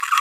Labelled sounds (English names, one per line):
Green-rumped Parrotlet babbling